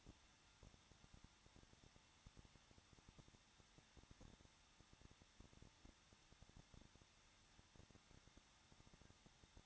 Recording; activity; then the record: daily activity, microphone in the room; no activity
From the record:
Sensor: 3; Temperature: 21.2 degrees Celsius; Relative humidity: 36.4%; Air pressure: 1006.3 hPa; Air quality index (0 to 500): 223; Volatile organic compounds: 42 ppm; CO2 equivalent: 3184 ppm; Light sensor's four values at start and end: 2/3/2/2 and 2/3/2/2